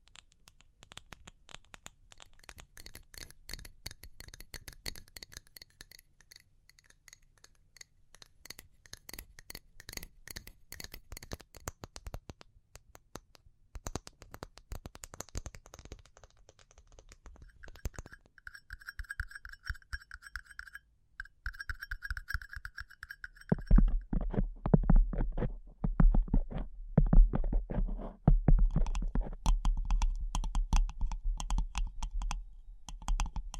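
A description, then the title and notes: Fingertip tapping runs throughout, quick dense bursts in the first half easing into slower, spaced taps, with a brief high ringing tone near the twentieth second. After about 24 seconds the taps turn heavier and more resonant, with a deep thudding body. ASMR Pure Tapping Fast and Slow (No Talking).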